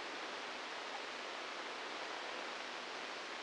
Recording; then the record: brain microelectrode recording played as sound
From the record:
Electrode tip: inside the subthalamic nucleus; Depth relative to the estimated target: 4 mm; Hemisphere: left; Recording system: NeuroSet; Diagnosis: Parkinson's disease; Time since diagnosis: 10 years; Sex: male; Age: 63 years